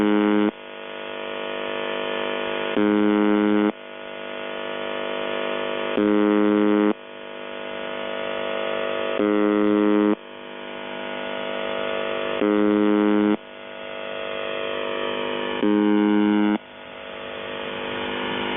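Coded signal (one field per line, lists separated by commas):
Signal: channel marker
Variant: UVB-76 (The Buzzer)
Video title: Russian radio making weird noises since 1976 #mysterious #radio #uvb76 #haunted #secret #scarycore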